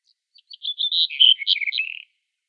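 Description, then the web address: Black-headed bunting delivering a single song phrase, thin opening notes followed by a fast, rich warbled cascade that drops slightly in pitch before stopping. "Schulze Peter Black-headed Bunting song"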